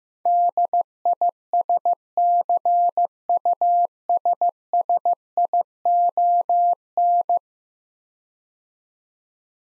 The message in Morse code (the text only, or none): DISCUSSION